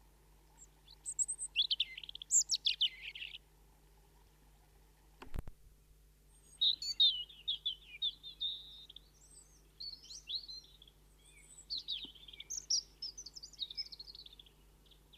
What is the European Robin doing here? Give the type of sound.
song